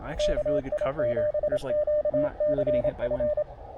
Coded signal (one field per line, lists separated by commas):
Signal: Morse code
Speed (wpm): 28 wpm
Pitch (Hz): 600 Hz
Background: speech, radio noise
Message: KI7QCF